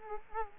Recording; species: mosquito wingbeat signal from an infrared sensor; Culex quinquefasciatus